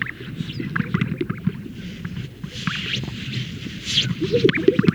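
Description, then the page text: Greater sage-grouse display: steady low gurgling pops from several birds, with some airy swishes. Louder double-popping notes come near the end. Males performing at a lek, inflating a large sac and releasing the air. "Greater Sage Grouse Lek Sound Effect. Funny Sound Effects. Greater Sage Grouse males performing at a lek, where they inflate a large sac and release the air"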